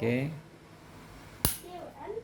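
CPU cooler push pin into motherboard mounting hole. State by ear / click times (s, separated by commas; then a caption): seated / 1.4 s. The plastic push-pin foot of a stock CPU cooler is pressed down into the motherboard mounting hole until it locks. Someone talks at the start and end, and a sharp, brief click at 1.5 s marks the pin seating and locking in place.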